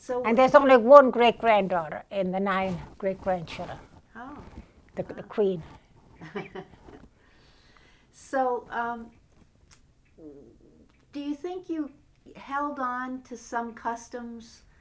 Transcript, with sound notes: And there's only one great-granddaughter in the nine great-grandchildren.
Oh.
The queen.
[laughs] So, do you think you held on to some customs